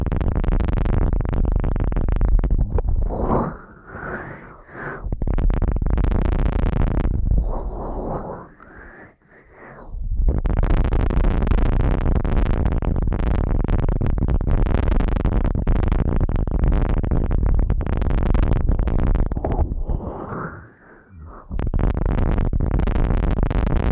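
Ear cleaning ASMR sounds: dense, scratchy rubbing and rustling fill most of the clip, strong in the low end with crackly upper detail. The rubbing drops to softer, thinner brushing around 3 to 6 seconds, near 9 seconds, and again briefly near 21 seconds.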